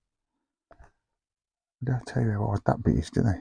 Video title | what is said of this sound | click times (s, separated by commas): Build Star Wars Darth Vader 1:2 Scale - pack 1 stage 4 #foryou #starwars#darthvader#fanhome | So, I'm just going to push that in until it clicks. | 0.7 s